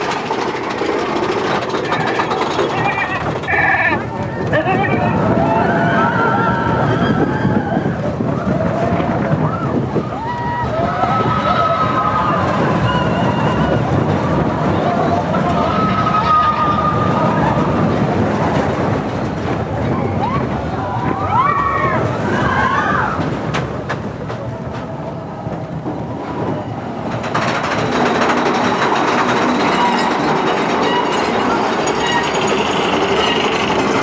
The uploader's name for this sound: Big Thunder Mountain Railroad (Complete Ride Audio)